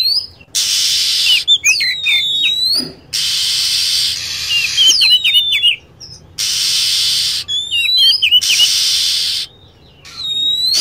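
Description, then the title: Lovebird chirping: clusters of rapid, shrill downward-sweeping notes between repeated stretches of harsh hissing noise. Used as a lure sound for attracting birds. "PIKAT BURUNG LOVEBIRD"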